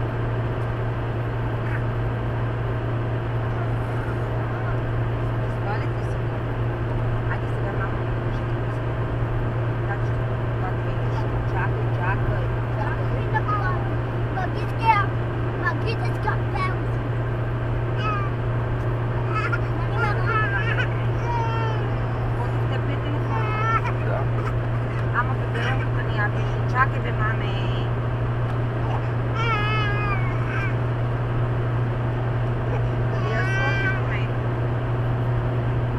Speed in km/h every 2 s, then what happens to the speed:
110, 110, 110, 110, 110, 111, 111, 111, 111, 111, 111, 111, 112, 112, 112, 112, 113, 113.
0-36 steady at about 111.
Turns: none.